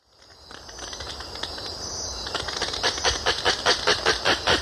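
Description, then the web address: Oilbird calls: a harsh chatter that builds from faint to loud, ending in rapid, regular rasping pulses. Recorded in Ecuador. "Birds of Ecuador. Oilbird"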